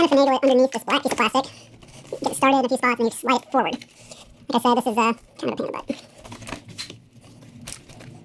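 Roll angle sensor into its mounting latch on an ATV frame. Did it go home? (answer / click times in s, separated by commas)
yes / 7.7 s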